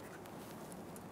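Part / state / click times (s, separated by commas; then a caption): oxygen sensor connector into vehicle wiring harness plug / not seated / none. The plastic electrical connector of a new downstream oxygen sensor for a 2014–2018 Chevrolet Silverado 1500 with the 5.3L V8 is being pushed toward its mating wiring harness plug on the truck. Only steady background noise is heard, with faint brief ticks near 0.3, 0.7 and 1.0 seconds. Nothing has seated or clicked yet.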